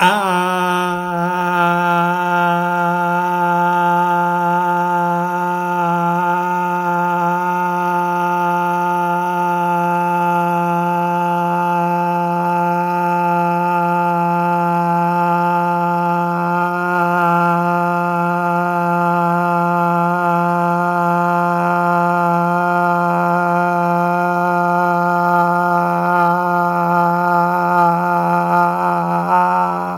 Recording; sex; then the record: sustained vowel /a/; male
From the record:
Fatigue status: no fatigue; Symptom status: asymptomatic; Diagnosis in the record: COVID-19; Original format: m4a